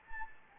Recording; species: mosquito wingbeat signal from an infrared sensor; Anopheles gambiae